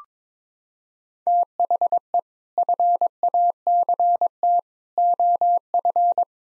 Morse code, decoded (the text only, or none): THE FACT OF